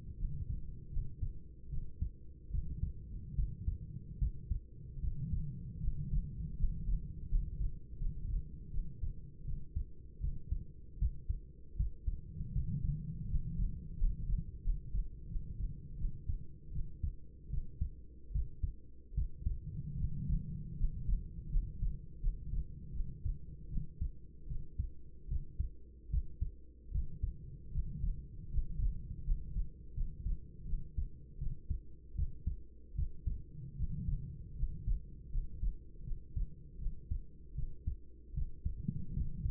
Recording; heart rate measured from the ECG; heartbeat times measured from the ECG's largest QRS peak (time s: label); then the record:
heart sounds by stethoscope; 79 bpm
0.16 s: heartbeat
0.89 s: heartbeat
1.69 s: heartbeat
2.50 s: heartbeat
3.34 s: heartbeat
4.18 s: heartbeat
4.99 s: heartbeat
5.79 s: heartbeat
6.55 s: heartbeat
7.27 s: heartbeat
7.97 s: heartbeat
8.69 s: heartbeat
9.43 s: heartbeat
10.19 s: heartbeat
10.98 s: heartbeat
11.75 s: heartbeat
12.51 s: heartbeat
13.26 s: heartbeat
13.96 s: heartbeat
14.61 s: heartbeat
15.27 s: heartbeat
15.96 s: heartbeat
16.70 s: heartbeat
17.49 s: heartbeat
18.31 s: heartbeat
19.13 s: heartbeat
19.96 s: heartbeat
20.75 s: heartbeat
21.49 s: heartbeat
22.19 s: heartbeat
22.91 s: heartbeat
23.68 s: heartbeat
24.46 s: heartbeat
25.27 s: heartbeat
26.09 s: heartbeat
26.90 s: heartbeat
27.70 s: heartbeat
28.49 s: heartbeat
29.23 s: heartbeat
29.93 s: heartbeat
30.64 s: heartbeat
31.37 s: heartbeat
32.14 s: heartbeat
32.94 s: heartbeat
33.75 s: heartbeat
34.54 s: heartbeat
35.29 s: heartbeat
36.03 s: heartbeat
36.77 s: heartbeat
37.54 s: heartbeat
38.33 s: heartbeat
39.12 s: heartbeat
From the record:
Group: healthy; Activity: rest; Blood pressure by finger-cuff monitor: 99/55 mmHg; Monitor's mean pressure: 69 mmHg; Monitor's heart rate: 78 bpm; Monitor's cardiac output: 6.9 L/min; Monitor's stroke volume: 86 mL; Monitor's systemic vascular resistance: 710 dyn s/cm5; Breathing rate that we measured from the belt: 8 breaths a minute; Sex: female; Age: 26 years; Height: 165 cm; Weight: 55 kg